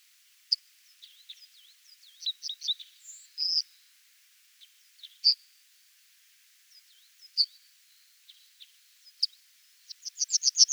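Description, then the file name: Yellowhammer sings a rapid chain of bright repeated notes near the end, preceded by soft twittering and scattered high calls. Recorded at Oberwattenbach on 9 February 2014. "Goldammer. Oberwattenbach. Michle Pron"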